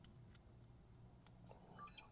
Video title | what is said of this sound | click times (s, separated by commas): 2026 Prius LE Dashcam Install with Viofo and Hardware Kit | So, you hear a little click. | 1.3 s